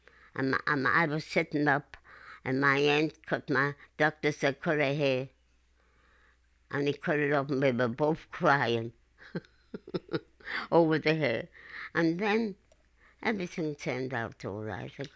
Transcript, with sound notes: and I was sitting up, and my aunt cut my -- the doctor says, :Cut her hair." and they cut it off, and they were both crying. ( she laughs ) Over the hair. And then everything turned out all right.